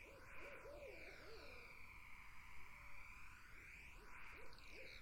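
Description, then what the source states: Excited owl hoots tumble out at the start, fall quiet, then return as a couple of short notes near the end, over insect drone and whooshing background noise. Barred owls in a summer wetland; 8D audio.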